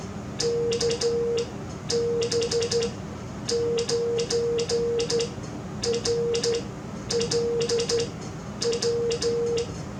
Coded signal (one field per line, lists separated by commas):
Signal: Morse code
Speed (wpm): 12 wpm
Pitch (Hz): 470 Hz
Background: none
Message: KB9RLW